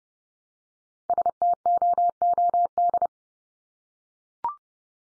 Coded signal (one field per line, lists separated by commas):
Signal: Morse code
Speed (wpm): 30 wpm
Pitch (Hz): 700 Hz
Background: none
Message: STOOD